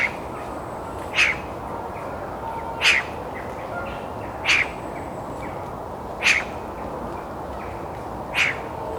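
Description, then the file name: Eurasian magpie calling with rasping, explosive single notes, five in a row spaced almost two seconds apart, over steady hiss. "Pica pica"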